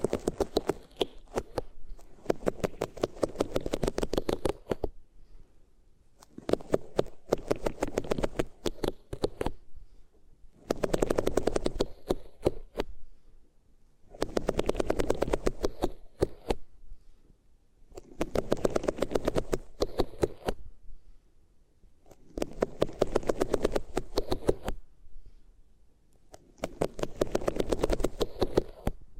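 Ears rubbed against materials in rhythmic bursts of dense scratchy crackling, each lasting about two seconds, separated by short silences roughly every four seconds.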